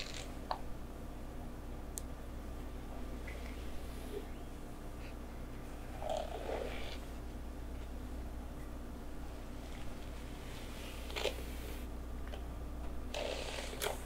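Hair play and back scratching over a steady low hum that never changes. Soft rubbing and squishing sounds come and go, with brief scratchy strokes near the start, around six seconds, at eleven seconds, and a busier burst of scratching toward the end.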